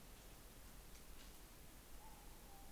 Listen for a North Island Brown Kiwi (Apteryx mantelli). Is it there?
no